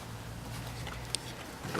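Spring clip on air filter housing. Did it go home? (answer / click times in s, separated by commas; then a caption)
yes / 1.1 s. The first metal spring clip on the air filter housing of a 2003 Subaru Impreza is closed by hand against a steady low background hum. It latches with a sharp click at 1.1 seconds, and the clip is seated.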